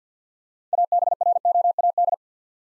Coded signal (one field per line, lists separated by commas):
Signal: Morse code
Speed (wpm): 50 wpm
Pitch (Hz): 700 Hz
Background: none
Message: ABROAD